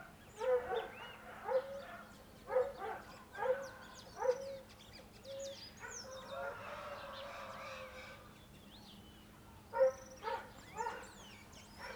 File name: Ambiencia rural amanhecer varios passaros, cachorro latindo e galo as vezes canta